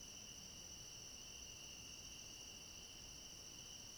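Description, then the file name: Cricket chorus, a constant high-pitched ringing trill holding steady throughout, with soft hiss underneath. Chorus of crickets at night. "Coro de grilos a noite com cachorro longe"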